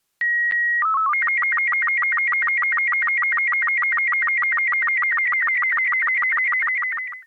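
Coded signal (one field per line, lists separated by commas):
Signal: SSTV (slow-scan television)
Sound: a steady high tone, a brief low warble, then a rhythmic chirping warble with regular low blips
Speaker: Now, if you've not heard those transmission types before, well, this is what they sound like.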